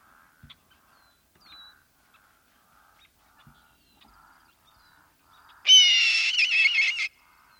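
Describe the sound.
Red-tailed hawk giving a single hoarse, raspy scream lasting over a second, harsh, after several seconds of near silence with faint ticks.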